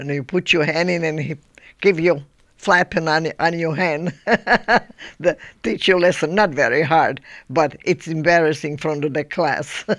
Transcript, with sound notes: And you put your hand in and he give you slapping on your, on your hand. (she laughs) The teacher, listen, not very hard but it's embarrassing in front of the class,